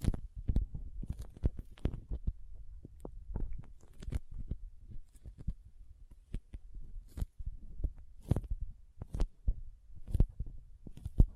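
Soft squishy, sticky handling sounds with crinkles and cutting: a busy, irregular run of sharp clicks and snaps, several a second, over soft low thumps and rumbles. Some louder, brighter crackles stand out around the middle and near the end.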